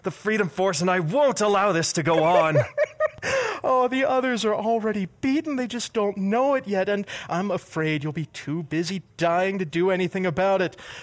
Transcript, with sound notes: The Freedom Force and I won't allow this to go on!
[LAUGHS] The others are already beaten. They just don't know it yet. And I'm afraid you will be too busy dying to do anything about it!